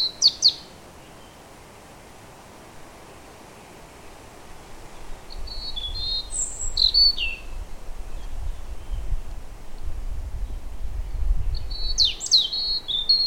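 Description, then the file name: European robin giving brief high twittering phrases at the start, middle and end, with a low rumbling background growing louder midway. "vorosbegy hangja"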